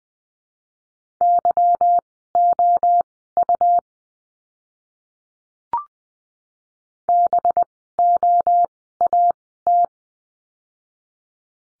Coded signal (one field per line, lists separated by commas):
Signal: Morse code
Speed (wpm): 20 wpm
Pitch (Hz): 700 Hz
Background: none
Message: YOU BOAT